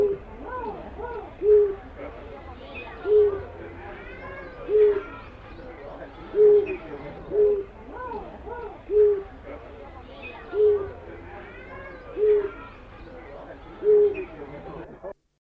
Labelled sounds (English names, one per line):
Brush Bronzewing call